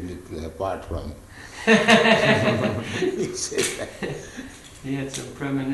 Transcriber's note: laughs